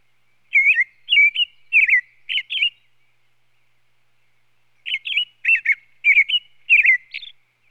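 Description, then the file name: American robin caroling, four warbled whistled phrases, a two-second gap, then a second run of several similar phrases. "Sound Effects Library - American Robin"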